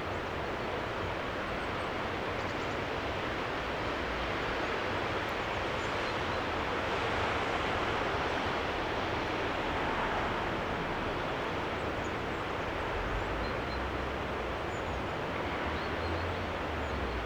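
Soundscape at Lauterbach Church: a steady, dense rushing wash fills all seventeen seconds, like surf or passing traffic, with a low rumble underneath. The sound swells slightly between about seven and ten seconds, and a few faint high ticks appear briefly.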